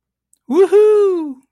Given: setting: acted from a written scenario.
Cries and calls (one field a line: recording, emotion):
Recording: vocal sound without words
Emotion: amusement